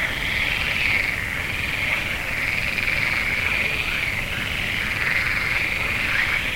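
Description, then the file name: Frogs in a dense chorus: an unbroken, steady, buzzy drone of sound. "Froesche"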